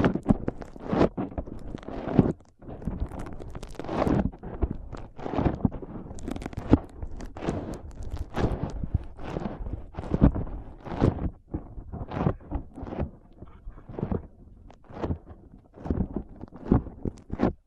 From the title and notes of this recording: ASMR Powerful Foam Brain Massage.